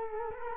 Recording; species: mosquito wingbeat signal from an infrared sensor; Culex quinquefasciatus